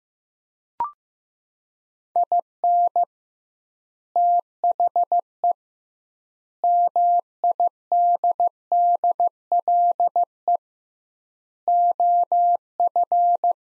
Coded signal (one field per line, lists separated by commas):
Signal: Morse code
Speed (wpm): 16 wpm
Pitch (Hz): 700 Hz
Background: none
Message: IN THE MIDDLE OF